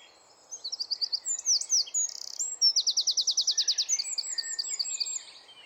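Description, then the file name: Eurasian wren song: a loud, high outburst of rapid trills and sharp notes lasting about five seconds, with a fast buzzy trill in the middle. "Troglodytes troglodytes"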